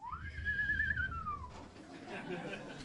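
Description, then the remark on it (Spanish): A person whistles an imitation of a knife-grinder's panpipe: one clear, fairly loud tone that swoops upward, holds, then slides gently down over about a second and a half before talking resumes. “Un poema doble que no te traje el chiflo, pero sería algo así como...”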